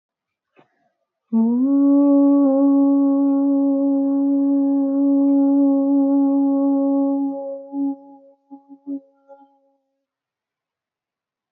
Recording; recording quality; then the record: sustained vowel as in boot; excellent, no background noise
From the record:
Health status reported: healthy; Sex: female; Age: 32 years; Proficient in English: yes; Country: India